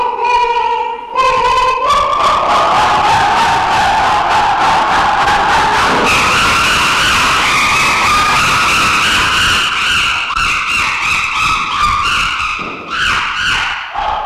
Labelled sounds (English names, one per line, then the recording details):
Chimpanzee
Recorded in captivity
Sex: group
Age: diverse
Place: Tierpark Berlin, Berlin, DE
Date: 1966-10-05
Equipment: Tesla Uran
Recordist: unbekannt, keine Angabe